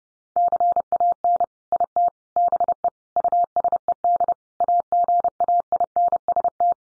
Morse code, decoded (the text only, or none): CAN IT BE USED AGAINST